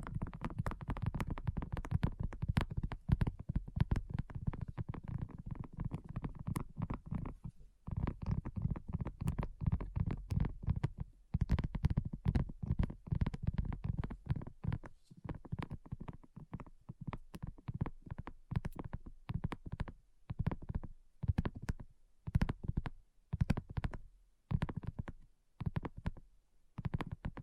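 Rapid, dense tapping with a soft low thud under each tap, running almost continuously, with brief pauses near 8, 11, 20 and 25 seconds.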